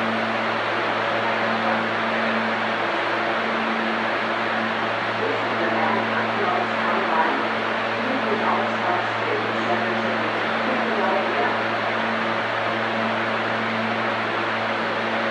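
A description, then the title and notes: Steady, dense hum of an underground train platform, with a constant low mechanical drone and strong tones around the lower register from ventilation or idling equipment. A wash of hiss fills the mid and upper range, with faint scattered voices and clatter throughout. Suburban Station train platform, 15th Street and JFK Boulevard. This is a place where robotic announcements are always spinning around in the air, not to mention the characteristic rhythms and melodies of train noise.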